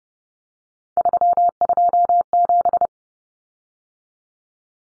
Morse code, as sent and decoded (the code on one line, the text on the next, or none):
...-- ..--- --...
327